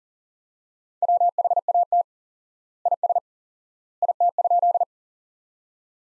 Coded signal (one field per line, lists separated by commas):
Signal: Morse code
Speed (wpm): 40 wpm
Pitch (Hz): 700 Hz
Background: none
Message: WHAT IS IT?